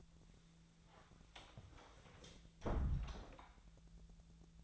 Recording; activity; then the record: daily activity, microphone in the room; close door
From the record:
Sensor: 3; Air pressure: 1000.4 hPa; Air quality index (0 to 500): 178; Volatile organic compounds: 4 ppm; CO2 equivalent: 1549 ppm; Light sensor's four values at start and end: 13/30/13/13 and 13/30/13/13